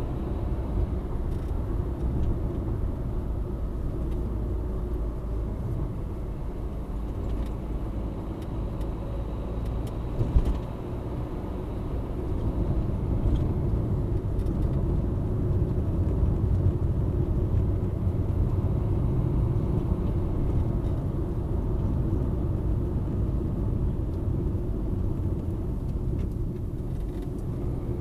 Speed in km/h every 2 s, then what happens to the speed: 71, 69, 59, 56, 58, 64, 68, 69, 63, 64, 66, 66, 49, 39.
0-5 slows to 56. 7-12 speeds up to 68. 12-22 steady at about 66. 22-25 brakes to 39.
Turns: 23-28.